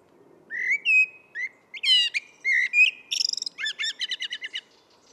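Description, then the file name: Common blackbird song phrase: several low, fluting whistled notes followed by a rapid, high, scratchy twittering flourish, all against quiet background. "Turdus merula"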